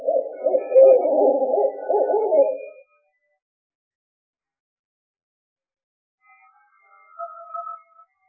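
Owl hoots: a burst of rapid, overlapping low hooting notes for about three seconds, then silence, with a faint brief tonal sound near the end.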